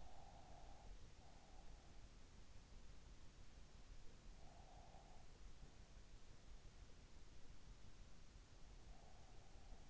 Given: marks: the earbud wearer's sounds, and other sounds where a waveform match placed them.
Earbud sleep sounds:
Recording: sounds in sleep by an in-ear microphone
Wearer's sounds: breath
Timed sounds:
0.00-2.18 s: breath
4.13-5.69 s: breath

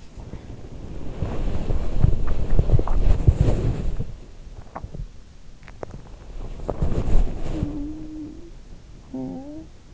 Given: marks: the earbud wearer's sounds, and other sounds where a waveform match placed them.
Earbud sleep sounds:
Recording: sounds in sleep by an in-ear microphone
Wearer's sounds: body movement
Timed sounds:
0.00-7.91 s: body movement
7.71-9.66 s: sound from someone else or the room

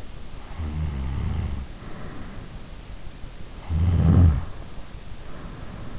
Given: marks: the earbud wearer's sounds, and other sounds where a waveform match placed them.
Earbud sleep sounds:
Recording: sounds in sleep by an in-ear microphone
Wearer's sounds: snoring breath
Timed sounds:
0.37-2.07 s: snoring breath
3.42-5.10 s: snoring breath

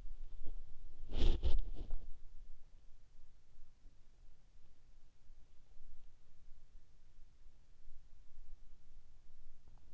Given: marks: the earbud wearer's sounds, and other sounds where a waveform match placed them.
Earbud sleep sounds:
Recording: sounds in sleep by an in-ear microphone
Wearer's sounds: body movement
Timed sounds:
0.00-2.60 s: body movement

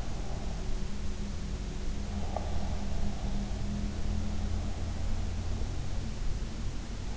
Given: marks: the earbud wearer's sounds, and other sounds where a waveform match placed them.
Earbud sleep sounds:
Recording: sounds in sleep by an in-ear microphone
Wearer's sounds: breath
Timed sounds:
2.12-3.64 s: breath

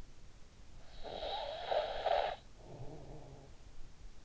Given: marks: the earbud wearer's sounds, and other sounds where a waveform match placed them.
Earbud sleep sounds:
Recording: sounds in sleep by an in-ear microphone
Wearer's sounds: snoring breath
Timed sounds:
0.31-3.79 s: snoring breath

